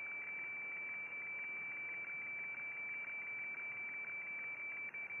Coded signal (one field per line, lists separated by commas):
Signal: weather fax (radiofax)